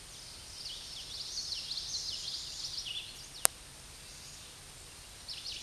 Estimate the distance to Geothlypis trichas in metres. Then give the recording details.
about 25 m. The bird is about level with the microphone. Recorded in a Pennsylvania forest on 16 May 2024 at 08:10. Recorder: AudioMoth, point MSD-2304. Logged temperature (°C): 16.0 °C. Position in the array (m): 220 m, 186 m